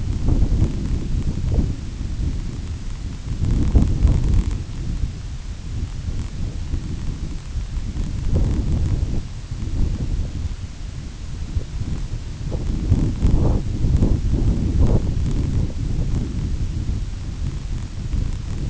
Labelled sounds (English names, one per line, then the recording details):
none
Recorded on Arctic tundra, site IGLO-A, on 22 June 2018
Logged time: 17:59